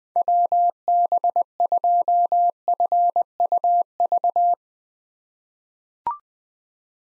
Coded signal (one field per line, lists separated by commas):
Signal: Morse code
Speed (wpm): 20 wpm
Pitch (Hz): 700 Hz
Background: none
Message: WB2FUV